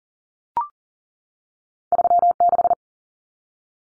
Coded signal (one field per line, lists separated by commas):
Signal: Morse code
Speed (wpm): 40 wpm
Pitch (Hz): 700 Hz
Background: none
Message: 36